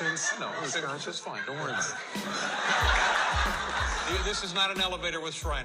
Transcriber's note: laughter